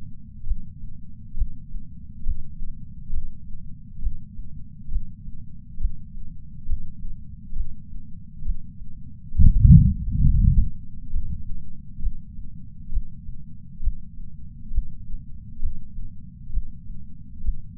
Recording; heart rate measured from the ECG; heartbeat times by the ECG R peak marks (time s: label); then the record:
heart sounds by patch sensor on the chest; 67 bpm
0.46 s: heartbeat
1.36 s: heartbeat
2.25 s: heartbeat
3.12 s: heartbeat
4.01 s: heartbeat
4.90 s: heartbeat
5.79 s: heartbeat
6.68 s: heartbeat
7.55 s: heartbeat
8.44 s: heartbeat
9.34 s: heartbeat
10.24 s: heartbeat
11.12 s: heartbeat
12.01 s: heartbeat
12.91 s: heartbeat
13.82 s: heartbeat
14.72 s: heartbeat
15.61 s: heartbeat
16.52 s: heartbeat
17.43 s: heartbeat
From the record:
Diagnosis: coronary artery disease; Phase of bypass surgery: preoperative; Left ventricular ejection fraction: 65.2%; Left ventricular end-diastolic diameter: 45 mm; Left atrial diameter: 36 mm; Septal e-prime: 3.6 cm/s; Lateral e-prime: 5.4 cm/s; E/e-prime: 13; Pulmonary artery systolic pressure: 22 mmHg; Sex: female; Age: 69 years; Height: 148 cm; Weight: 51 kg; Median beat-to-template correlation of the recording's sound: 0.94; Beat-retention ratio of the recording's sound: 0.99